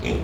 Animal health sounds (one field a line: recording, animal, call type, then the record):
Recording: contact call of a hoofed animal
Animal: pig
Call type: closed-mouth grunt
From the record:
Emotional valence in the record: positive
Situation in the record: food and toys in familiar pen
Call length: 0.24 s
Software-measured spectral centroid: 1890 Hz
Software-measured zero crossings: 1140 a second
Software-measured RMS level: -24 dBFS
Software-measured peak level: -12 dBFS